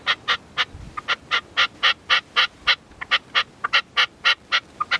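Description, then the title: Partridge or tinamou calling in a steady series of short, harsh, harmonic notes, about four each second, with a few quieter notes between them, over a soft background hiss. "Canto de Perdiz. CANTO DE LA PERDIZ"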